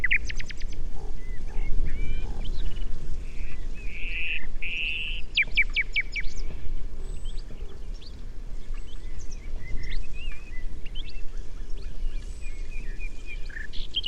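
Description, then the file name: Common nightingale song of varied phrases: pure whistled notes, rapid clicking series and buzzy rattles, separated by short pauses, over a constant low rumble. "Luscinia megarhynchos"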